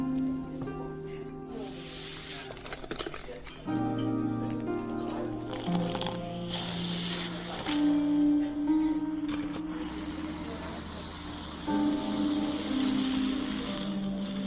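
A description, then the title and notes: A fantasy fairy cafe ambience built from layered, sustained low tones that shift to new pitches every few seconds. Airy hissing swells rise around the second and seventh seconds, and faint high chimes and murmuring sit over a steady, dense bed. Fantasy fairy cafe asmr ambience.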